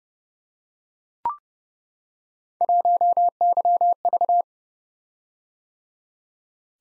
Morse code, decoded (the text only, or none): 1YV